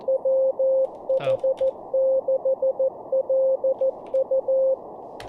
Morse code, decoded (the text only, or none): WH6LU